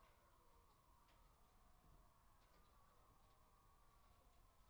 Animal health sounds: poultry house recording; healthy chickens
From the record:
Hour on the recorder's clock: 14

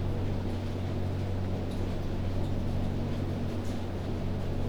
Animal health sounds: poultry house recording; no chicken sound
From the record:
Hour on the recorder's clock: 0

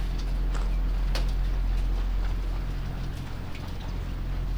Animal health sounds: poultry house recording; sick chickens (respiratory disease)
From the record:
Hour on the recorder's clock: 1

